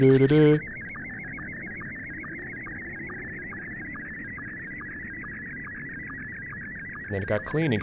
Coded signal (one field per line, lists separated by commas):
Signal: SSTV (slow-scan television)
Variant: Scottie 1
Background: speech